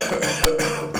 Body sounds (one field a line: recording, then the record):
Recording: coughing mixed with background sound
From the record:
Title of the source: Wet Throat Infection Cough